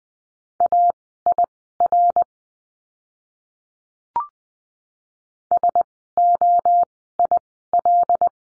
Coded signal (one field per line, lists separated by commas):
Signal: Morse code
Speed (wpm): 20 wpm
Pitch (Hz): 700 Hz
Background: none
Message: AIR SOIL